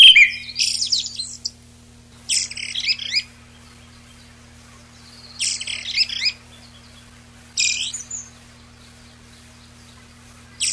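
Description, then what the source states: Eyebrowed thrush song: a short whistled note, then bursts of high, scratchy twittering repeated roughly every two to three seconds, with gaps of quiet between phrases. Recorded on 19 June 1991.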